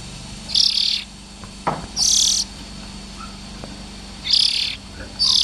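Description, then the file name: Oriental magpie-robin harsh calls, four separated buzzy high bursts with longer pauses, plus a brief click and faint low noise. Young birds. "Tieng chim chich choe than non"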